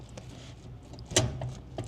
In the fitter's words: locks in. Sweet. Done.